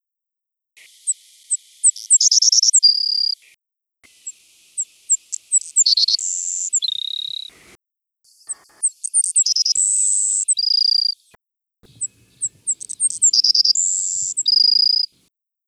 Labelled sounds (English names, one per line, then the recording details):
Savannah Sparrow song
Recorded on Kent Island, New Brunswick, in 1982